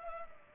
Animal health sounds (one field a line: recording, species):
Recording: mosquito wingbeat signal from an infrared sensor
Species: Culex pipiens